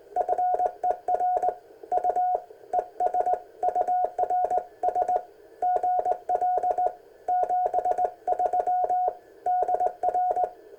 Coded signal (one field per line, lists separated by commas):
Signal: Morse code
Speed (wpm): 19 wpm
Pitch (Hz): 720 Hz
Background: none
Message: FER U ES URS GL 73 DR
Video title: Ten Tec Kit 40m Band